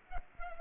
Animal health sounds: mosquito wingbeat signal from an infrared sensor; Culex pipiens

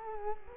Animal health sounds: mosquito wingbeat signal from an infrared sensor; Culex quinquefasciatus

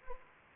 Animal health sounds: mosquito wingbeat signal from an infrared sensor; Anopheles gambiae

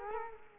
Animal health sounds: mosquito wingbeat signal from an infrared sensor; Culex quinquefasciatus

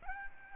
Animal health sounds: mosquito wingbeat signal from an infrared sensor; Aedes albopictus

